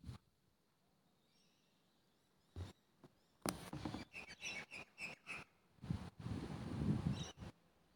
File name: Acridotheres tristis - Common Myna